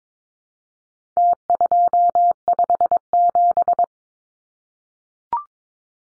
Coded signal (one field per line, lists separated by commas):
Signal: Morse code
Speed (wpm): 22 wpm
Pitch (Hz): 700 Hz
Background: none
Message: T257